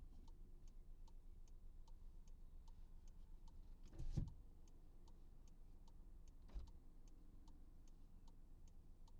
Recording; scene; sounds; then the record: everyday scene through a hearing-aid microphone; in a vehicle; engine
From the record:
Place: Skoda Fabia, gasoline engine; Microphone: in the ear canal, right